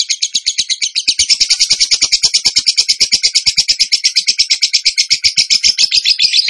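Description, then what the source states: Bird song: one continuous, rapid, high-pitched trill of pulsed notes that never pauses. A bird singing in the tembakan gacor style; masteran training.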